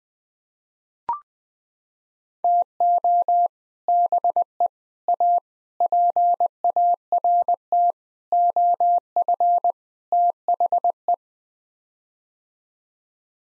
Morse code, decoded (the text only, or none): TO BE A PART OF THE